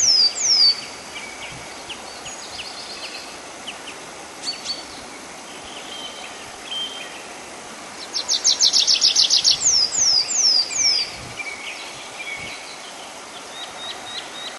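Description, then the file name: Tree pipit song: bright trills and sweeping high notes, then a loud fast series of descending slurred notes, with a steady background hiss. "konek lesnojj"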